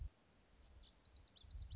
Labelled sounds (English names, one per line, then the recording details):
Lazuli Bunting
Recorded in Sonoma County, California